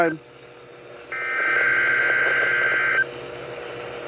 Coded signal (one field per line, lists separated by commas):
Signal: Emergency Alert System (SAME) tones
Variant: header bursts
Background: speech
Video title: LSX Required Weekly Test On KXI70 & KDO89 12/27/2023 (EAS #2,343-2,344)